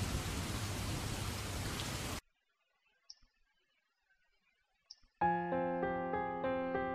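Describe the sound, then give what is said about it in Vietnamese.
Steady, loud hiss of pouring rain for about two seconds, then abrupt near silence broken by a couple of faint clicks, before sustained tonal music swells in. “Nước mưa vô tình ướt đẫm vòng khăn.”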